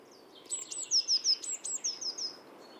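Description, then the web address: Bird delivering one quick run of several high, piercing, down-slurred notes over light background hiss. "cianscape birddata Deverinetal 2025 Bird Only"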